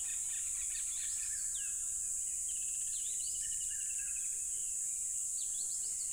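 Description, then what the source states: Cricket: steady piercing insect trill of crickets, joined by sliding bird whistles and a long rattling bird trill. Loud crickets at a tropical river.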